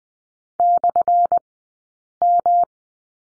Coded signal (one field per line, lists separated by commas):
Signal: Morse code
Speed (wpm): 20 wpm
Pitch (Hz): 700 Hz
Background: none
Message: /M